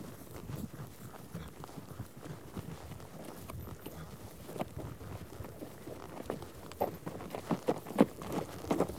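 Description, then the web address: Horse hooves clopping and shuffling irregularly over ground, a soft rumble of several animals moving, with sharper hoof strikes growing louder toward the end. A herd of horses out on trek. "BBC Sound Effects Library - Horses Herd of horses out on trek"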